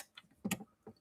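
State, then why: Seated. The metal slide plate of a vintage Dressmaster Model 127 sewing machine is slid under the edge of the needle plate on the machine bed, then pushed so it drops straight down. A faint tick at 0.2 s leads into a sharp double click at 0.5 s as the plate latches, followed by a soft tap near 0.9 s. The plate is seated and locked in place.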